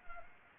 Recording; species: mosquito wingbeat signal from an infrared sensor; Anopheles arabiensis